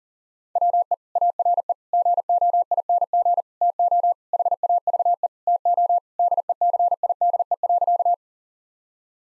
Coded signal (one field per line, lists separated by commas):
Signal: Morse code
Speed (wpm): 40 wpm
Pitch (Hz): 700 Hz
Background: none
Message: WE ARE GOING TO HAVE TO DECIDE.